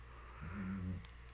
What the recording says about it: My dog's having a nightmare back there. You can hear her snore.